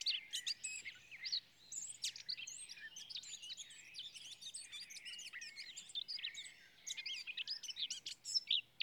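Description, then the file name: Eurasian blackcap with rapid scratchy warbling and chattering notes, high-pitched and nearly continuous, broken by a short pause late. "Sylvia atricapilla"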